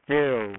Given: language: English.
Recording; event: throat vibration sensor signal played as sound; speech